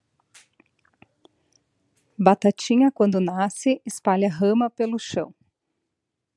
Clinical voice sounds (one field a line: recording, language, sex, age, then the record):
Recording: short text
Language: Brazilian Portuguese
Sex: female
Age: 40 to 49 years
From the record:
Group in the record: control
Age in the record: 41 years